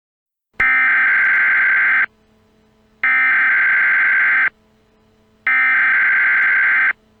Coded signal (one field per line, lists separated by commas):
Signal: Emergency Alert System (SAME) tones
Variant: header bursts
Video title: TO THE FRONTROOMS - A Backrooms EAS Scenario (#6)